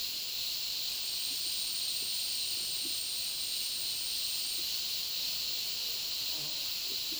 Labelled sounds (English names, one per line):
none